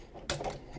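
A plastic toy limb on a MakeToys Green Giant Type-61 figure, not fully in at first, is pushed again into the side of the robot torso. A sharp plastic click at 0.3 s, followed by a softer rattle, confirms it has seated.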